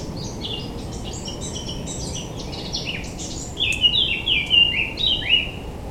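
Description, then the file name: Eurasian blackcap with a soft, scratchy twittering lead-in, then louder clear fluted phrases near the end, over constant low hiss. "Sylvia atricapilla"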